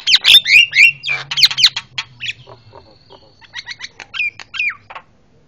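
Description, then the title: Javan myna calls: harsh squawks and whistled squeals mixed with rasping notes, thinning to softer clicks, then a few squealing whistles near the end. Very noisy Javan myna calls, used for training cage birds (masteran). "Jalak Kebo Master Suara Super Berisik Buat Masteran"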